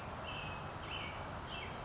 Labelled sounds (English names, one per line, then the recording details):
Western Tanager
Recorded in Sonoma County, California